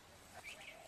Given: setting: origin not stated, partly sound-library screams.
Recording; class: one-second piece from a danger detection set; normal situation